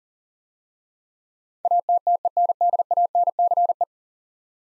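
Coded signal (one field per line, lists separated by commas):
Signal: Morse code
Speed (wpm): 38 wpm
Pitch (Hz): 700 Hz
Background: none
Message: ATTENDANCE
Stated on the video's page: Morse code drill of 10-letter words at 40 wpm, each word sent twice.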